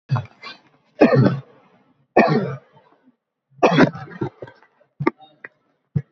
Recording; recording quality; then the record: heavy voluntary cough; moderate, slight background noise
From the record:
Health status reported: COVID-19 positive, mild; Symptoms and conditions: sore throat, fever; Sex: male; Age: 25 years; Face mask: worn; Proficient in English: yes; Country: India